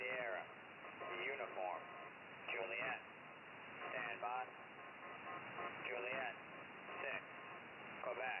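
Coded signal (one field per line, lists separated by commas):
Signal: coded military voice message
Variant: English, phonetic alphabet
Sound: voice reading phonetic alphabet words, then 'stand by', over hissing radio noise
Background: radio static, fading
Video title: Military Spy Numbers 4.723 khz part 1 (live) fading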